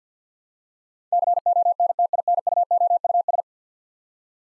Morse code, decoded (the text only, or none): CONTINUOUS